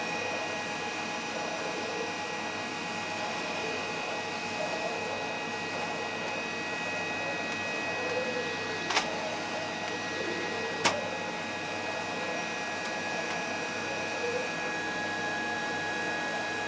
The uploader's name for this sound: Vacuuming The House